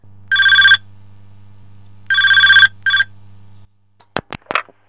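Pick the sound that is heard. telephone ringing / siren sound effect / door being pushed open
telephone ringing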